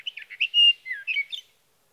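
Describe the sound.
Sage thrasher song fragment: quick jumbled warbles, one sustained clear whistled note, then a falling slurred note and a few more chirps.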